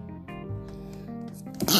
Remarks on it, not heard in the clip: That's been building up for a while. You can hear me sneeze.